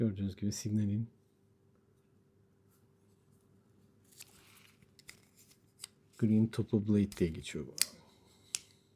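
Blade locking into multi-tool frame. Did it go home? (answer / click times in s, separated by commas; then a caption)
yes / 8.6 s. A blade is opened and locked into the frame of a steel Leatherman multi-tool, and someone talks before and around the handling sounds. A sharp click at 8.6 seconds marks the blade locking open, and it stays locked and won't come unlocked.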